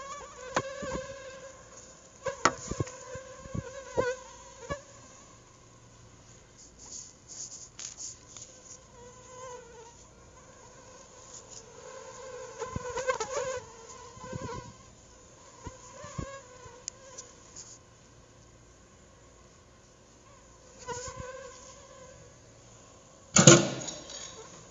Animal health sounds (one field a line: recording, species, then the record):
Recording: mosquito flight sound by mobile phone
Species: Anopheles arabiensis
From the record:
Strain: Rufisque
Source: CDC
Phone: Google Nexus